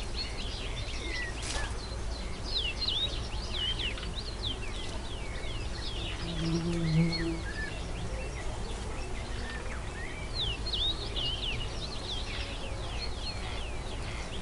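Woodland noises with many birds chirping and trilling the whole way through, quick bright calls overlapping densely, easing a little mid-clip before picking up again. A steady low rumble sits underneath, with a brief low drone around seven seconds.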